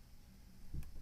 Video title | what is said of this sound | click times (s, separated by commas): How to fix video display on Sony Vaio All-In-One PC | so they just kind of go in like that they just snap right in | 0.8 s